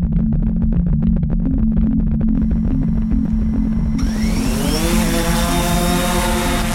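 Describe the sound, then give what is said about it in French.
A drone flying in stable GPS mode while photographing and scanning areas for 3D modelling, its rotors whirring in a loud, steady, buzzing hum. Partway through, the sound turns brighter and harsher, with tones sliding in pitch as the motors change speed. No one speaks. “Voilà, donc là il est en GPS, donc vous voyez que son vol est très stable, il n'y a pas de réglages, et puis j'oriente l'objectif en fonction des zones et je commence un balayage.”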